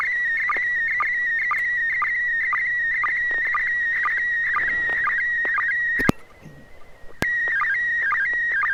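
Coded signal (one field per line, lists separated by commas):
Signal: SSTV (slow-scan television)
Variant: PD120 mode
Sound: steady high warbling tone with rhythmic low chirps about twice a second, one short noisy dropout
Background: FM radio squelch noise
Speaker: this is going to be pd 120 and 6pg so all right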